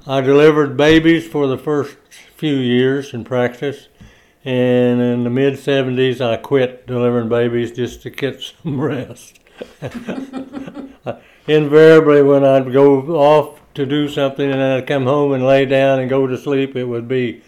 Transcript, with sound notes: I delivered babies for the first few years in practice, and in the mid-70s I quit delivering babies just to get some rest. (chuckles) Invariably when I'd go off to do something and then I'd come home and lay down and go to sleep, it would be,